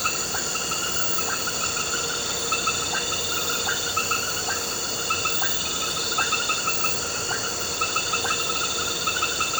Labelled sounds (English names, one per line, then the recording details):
none
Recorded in pastures near Puerto Asís, Putumayo, Colombia, on 4 March 2025 at 20:30
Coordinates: 0.466, -76.322
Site CSA-02